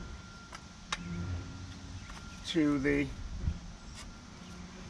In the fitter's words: female to mill adapter it'll just plunge in like that you heard a little click